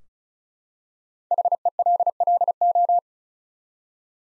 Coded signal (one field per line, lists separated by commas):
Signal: Morse code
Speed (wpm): 34 wpm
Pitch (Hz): 700 Hz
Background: none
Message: HELLO